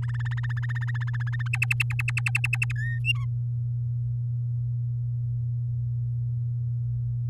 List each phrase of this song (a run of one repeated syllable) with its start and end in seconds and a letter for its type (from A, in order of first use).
0.02-1.48 A, 1.53-2.72 B, 2.76-2.98 C, 3.04-3.25 D